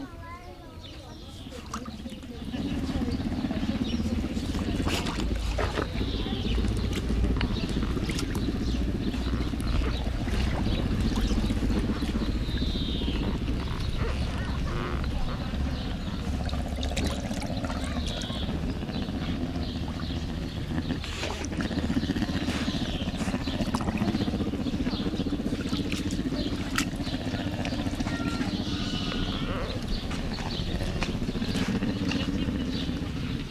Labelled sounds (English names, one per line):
Brown Bear call